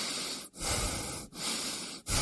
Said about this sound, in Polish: Proszę oddychać. Nie oddychać. Oddychać.